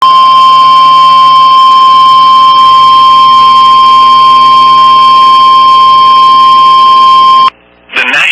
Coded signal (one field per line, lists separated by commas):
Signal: Emergency Alert System (SAME) tones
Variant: 1050 Hz attention tone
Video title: EAS #29 Severe thunderstorm warning for Peoria Illinois